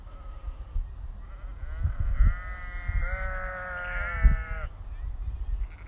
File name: Noisy Sheep